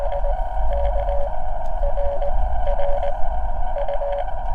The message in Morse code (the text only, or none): SK RR U